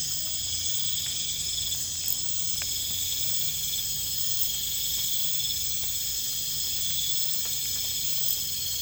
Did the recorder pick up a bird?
no